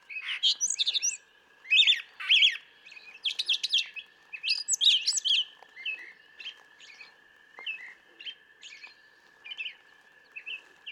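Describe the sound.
Brown thrasher song: a rich run of varied, loud phrases, many doubled, jumping between high and low notes, with a steady faint hum underneath.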